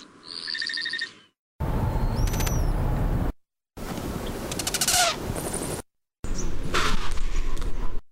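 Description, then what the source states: Hummingbird courtship dive sounds in four separate segments: high whistled tones, buzzy pulses and tonal sweeps over loud rushing noise. Courtship dive displays of four different hummingbird species, performed by males to females; sounds made with tail feathers, wings and in one case a vocalization.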